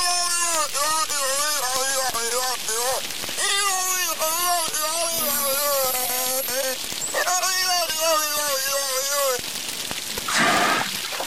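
Whale calls: a run of wavering, rising and falling moans in quick succession, a pause, then more undulating calls, ending with a brief burst of hissy noise.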